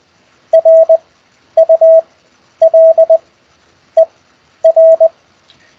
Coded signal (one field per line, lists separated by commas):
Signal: Morse code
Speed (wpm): 20 wpm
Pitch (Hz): 650 Hz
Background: none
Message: RULER